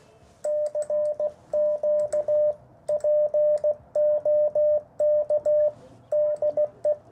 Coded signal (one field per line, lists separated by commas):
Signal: Morse code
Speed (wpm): 16 wpm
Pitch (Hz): 600 Hz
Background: radio noise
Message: CQ POK DE